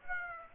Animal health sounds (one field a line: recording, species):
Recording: mosquito wingbeat signal from an infrared sensor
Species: Aedes aegypti